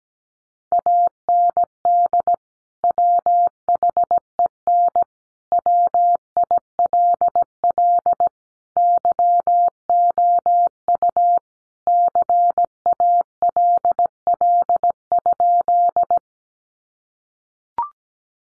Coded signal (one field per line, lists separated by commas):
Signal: Morse code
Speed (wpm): 17 wpm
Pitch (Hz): 700 Hz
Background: none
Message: AND WHEN WILL YOU CALL?